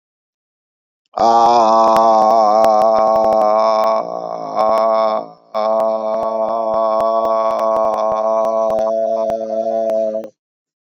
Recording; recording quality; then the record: sustained vowel as in made; excellent, no background noise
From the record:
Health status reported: exposed to COVID-19, no respiratory illness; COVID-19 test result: not tested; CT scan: not taken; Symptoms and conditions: cold, fatigue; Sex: male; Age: 51 years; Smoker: no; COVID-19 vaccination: both doses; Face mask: worn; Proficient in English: yes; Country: India